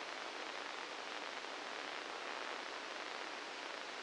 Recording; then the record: brain microelectrode recording played as sound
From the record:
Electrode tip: inside the subthalamic nucleus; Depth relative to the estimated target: 1 mm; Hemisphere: left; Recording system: NeuroSet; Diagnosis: Parkinson's disease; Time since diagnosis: 9 years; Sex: male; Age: 61 years